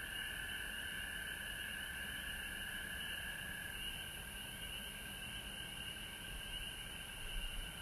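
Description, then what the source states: Frogs trilling together in a dense continuous drone, with background hiss throughout. Recorded at home in Georgia on March 19, 2020.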